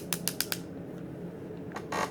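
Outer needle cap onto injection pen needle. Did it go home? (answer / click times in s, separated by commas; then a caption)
no / none. An outer plastic needle cap is handled onto an injection pen needle after an injection, so the needle can be removed and discarded. Four sharp, brief ticks come in quick succession over the first half second, followed by quiet background and two softer broadband rustles near the end. Nothing has seated or clicked yet.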